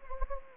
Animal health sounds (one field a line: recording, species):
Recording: mosquito wingbeat signal from an infrared sensor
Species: Anopheles gambiae